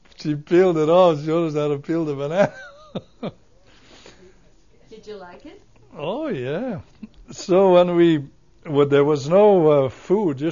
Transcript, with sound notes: She peeled it all. She showed us how to peel the banana ( he laughs)
Did you like it?
Oh, yeah. So when we, there was no food.